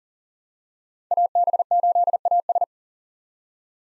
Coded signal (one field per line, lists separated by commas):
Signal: Morse code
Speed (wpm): 40 wpm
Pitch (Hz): 700 Hz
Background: none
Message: AB8AS